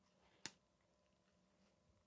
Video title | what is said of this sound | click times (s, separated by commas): Shimano XTR M9000 Derailleur Rebuild Service guide for Beginners. DON'T neglect your derailleurs | Now he's all the way in, just like that. | 0.5 s